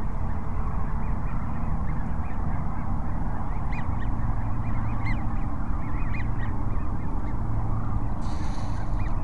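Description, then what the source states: Sandhill crane flock, a scatter of rattling bugled calls that thickens midway and keeps overlapping, heard against constant low rumbling noise. Sandhill cranes at Cochise Lakes on 30 January 2019.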